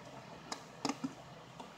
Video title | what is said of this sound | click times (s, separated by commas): LG Ulitmate 2 L41C Digitizer Replacement | going to hear a little pop when it actually does clip in. | 0.5 s, 0.9 s